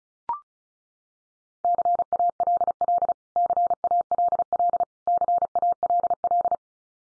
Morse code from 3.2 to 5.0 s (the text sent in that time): CALL